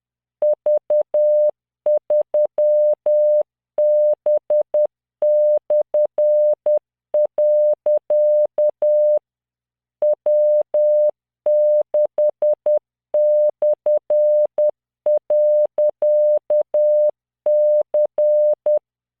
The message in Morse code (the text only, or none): V3B/. W6/.C